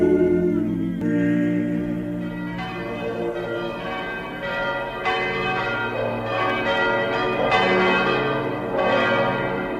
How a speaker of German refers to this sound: Das sind die Glocken von Schellenberg. Der Ort liegt auf einer Anhöhe, hat eine schöne Kirche und wie Sie hören, ein großes Geläute.